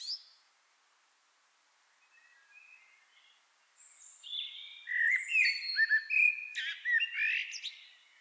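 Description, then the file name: Common blackbird: faint high notes at first, then a loud run of mellow fluty warbling mixed with sharp squeaky twitters near the end. "Turdus merula"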